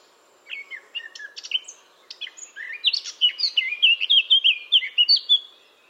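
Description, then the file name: Eurasian blackcap song opening with soft, scratchy twittering, then breaking into a loud run of rich, fluty whistled notes. "Sylvia atricapilla"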